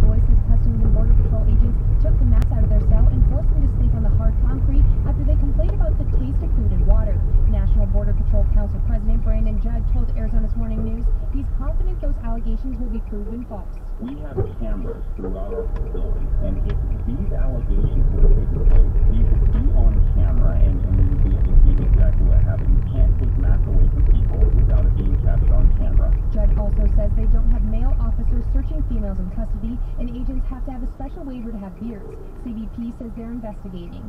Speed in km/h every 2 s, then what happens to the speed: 35, 34, 32, 26, 19, 10, 3, 6, 11, 26, 31, 32, 31, 23, 8, 0, 0.
0-12 slows to 3. 12-20 speeds up to 31. 24-30 brakes to 0. 30-34 standing.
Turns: 17-19.